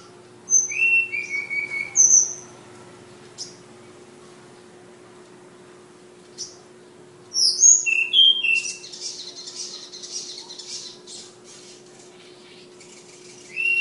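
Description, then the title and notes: Flowerpecker with short high whistles early, a rapid cluster of sharp chirps later followed by hissy rustling, and another whistle at the end; steady low hum throughout. Tledekan (flowerpecker) song of a bird named Ababil, from Kudus; local name also Sulingan. "Tledekan/Sulingan ABABIL. Suara Burung Tledekan Ababil dari Kudus"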